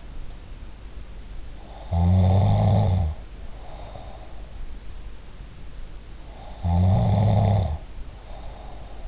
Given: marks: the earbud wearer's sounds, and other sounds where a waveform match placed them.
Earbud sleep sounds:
sounds in sleep by an in-ear microphone; snoring breath
1.54-4.26 s: snoring breath
6.35-9.08 s: snoring breath

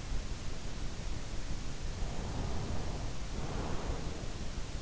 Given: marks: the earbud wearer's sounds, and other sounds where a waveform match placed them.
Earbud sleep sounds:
sounds in sleep by an in-ear microphone; breath
1.81-4.48 s: breath

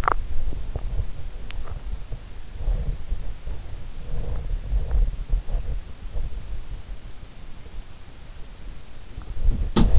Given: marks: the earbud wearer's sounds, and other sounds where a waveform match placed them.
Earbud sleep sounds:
sounds in sleep by an in-ear microphone; swallowing, teeth grinding
0.00-1.11 s: swallowing
1.59-2.23 s: swallowing
2.55-3.74 s: teeth grinding
3.92-5.15 s: teeth grinding
5.29-6.54 s: teeth grinding
9.13-9.99 s: sound from someone else or the room

